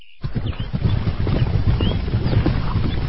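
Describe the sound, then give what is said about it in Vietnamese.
A dense, rumbling clatter of galloping horse hooves, more than ten riders giving chase from afar, many beats blurring together under a whooshing wind-like noise, starting abruptly and holding steady and loud throughout, with no voices. “Đúng lúc ấy, bỗng nghe thấy tiếng gió ngựa, mười mấy người từ xa đuổi tới,”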